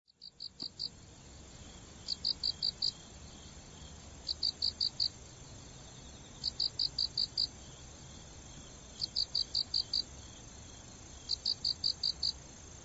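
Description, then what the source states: Autumn insect giving short trains of five or six quick chirps every two seconds, with a constant high whine and background noise. Autumn insects heard in autumn.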